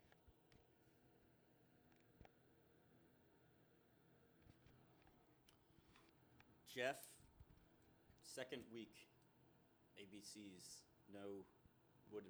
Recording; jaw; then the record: letters of the alphabet, spoken; free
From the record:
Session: first day, before the bite bar